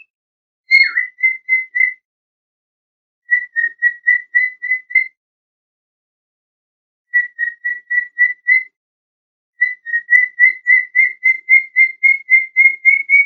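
Bird song of clear whistled notes in quick bursts, each series opening with a down-slurred note, then even repeated notes that rise slightly in the final longer run.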